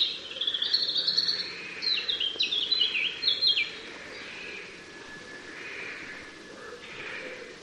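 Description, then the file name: European robin giving a rapid series of high, wavering, sliding notes for about four seconds, then only quieter faint notes against a steady broad hiss of background noise. "Erithacus rubecula"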